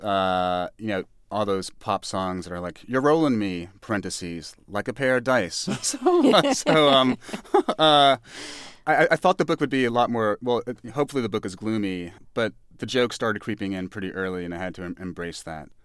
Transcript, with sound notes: you know, all those pop songs that are like "You're Rolling Me" - parentheses - "Like a Pair of Dice."
(LAUGHTER)
So I thought the book would be a lot more - well, hopefully the book is gloomy, but the jokes started creeping in pretty early and I had to embrace that.